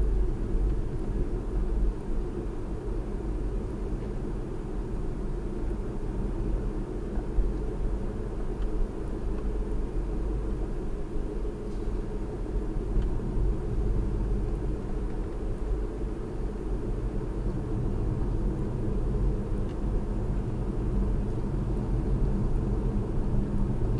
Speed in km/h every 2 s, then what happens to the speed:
44, 47, 45, 47, 47, 45, 45, 47, 47, 47, 48, 50.
0-24 steady at about 47.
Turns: none.